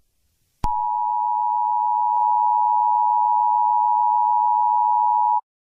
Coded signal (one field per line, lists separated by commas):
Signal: Emergency Alert System (SAME) tones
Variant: 853 and 960 Hz attention tone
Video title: Eas Scenario 7: USA Independence Day war